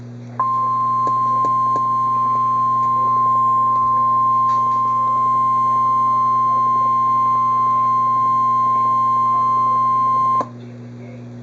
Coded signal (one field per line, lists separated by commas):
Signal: Emergency Alert System (SAME) tones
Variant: 1050 Hz attention tone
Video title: Real NOAA Weather Radio EAS Alert #137